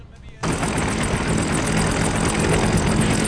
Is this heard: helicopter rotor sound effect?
yes